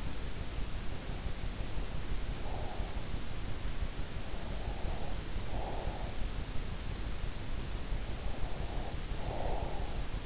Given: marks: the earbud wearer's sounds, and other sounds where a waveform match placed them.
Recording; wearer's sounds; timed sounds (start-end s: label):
sounds in sleep by an in-ear microphone; breath
1.91-3.12 s: breath
4.15-6.33 s: breath
8.24-10.26 s: breath